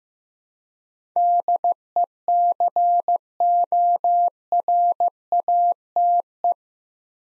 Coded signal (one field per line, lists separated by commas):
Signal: Morse code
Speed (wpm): 15 wpm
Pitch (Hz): 700 Hz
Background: none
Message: DECORATE